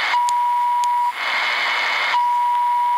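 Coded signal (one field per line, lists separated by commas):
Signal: unidentified radio signal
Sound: a steady 1 kHz beep tone cut by a one-second burst of hiss, then returning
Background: radio static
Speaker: why they have a radio station that does this is beyond me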